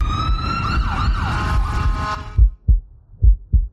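A loud wailing siren cuts out, leaving clear lub-dub heartbeats at about 72 a minute, heard through a Littmann Core Digital Stethoscope that removes the background noise so the body sounds stand out.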